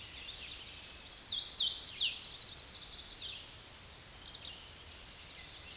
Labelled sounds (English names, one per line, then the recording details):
Hooded Warbler song
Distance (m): 5 m
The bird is about 5 m above the microphone
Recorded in a Pennsylvania forest on 16 May 2024 at 06:55
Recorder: AudioMoth, point MSD-0814
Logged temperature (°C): 15.8 °C
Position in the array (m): 160 m, 115 m